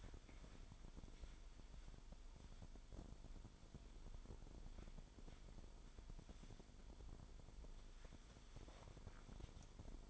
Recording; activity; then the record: daily activity, microphone in the room; wipe stove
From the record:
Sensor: 5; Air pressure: 1003.4 hPa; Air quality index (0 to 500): 146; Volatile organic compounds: 2 ppm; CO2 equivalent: 1060 ppm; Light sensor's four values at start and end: 36/78/36/42 and 35/76/35/41